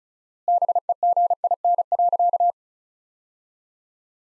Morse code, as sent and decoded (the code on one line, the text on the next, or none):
-... . --. .. -. .-.-.-
BEGIN.